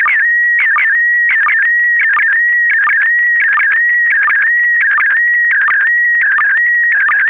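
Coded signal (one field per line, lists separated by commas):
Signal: SSTV (slow-scan television)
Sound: warbling, chirping tone hovering around a high pitch with regular short low blips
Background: radio static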